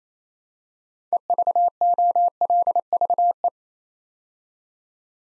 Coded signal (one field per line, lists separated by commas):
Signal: Morse code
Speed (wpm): 27 wpm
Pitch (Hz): 700 Hz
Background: none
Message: EVOLVE